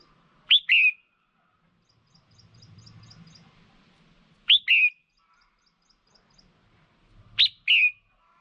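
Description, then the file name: Red-whiskered bulbul calls: three crisp two-note whistles, each a sharp upstroke followed by a slurred lower note, spaced a few seconds apart. Female. "tieng chao mao mai"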